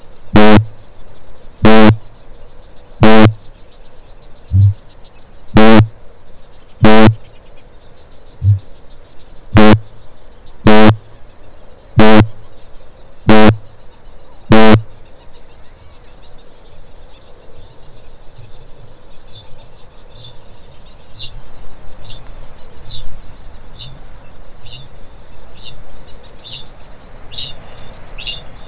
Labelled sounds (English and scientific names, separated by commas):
Kākāpō (Strigops habroptilus) boom, Kākāpō (Strigops habroptilus) ching call